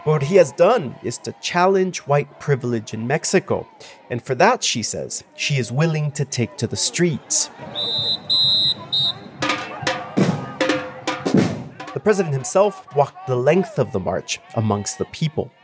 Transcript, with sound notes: What he has done is to challenge white privilege in Mexico, and for that, she says, she is willing to take to the streets. (SOUNDBITE OF WHISTLES) The president himself walked the length of the march amongst the people.